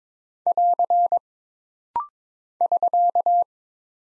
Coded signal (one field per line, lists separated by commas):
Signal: Morse code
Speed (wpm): 23 wpm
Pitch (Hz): 700 Hz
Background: none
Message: <AR> <SK>